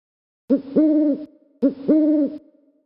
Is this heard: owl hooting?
yes